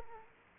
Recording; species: mosquito wingbeat signal from an infrared sensor; Culex quinquefasciatus